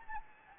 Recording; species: mosquito wingbeat signal from an infrared sensor; Anopheles gambiae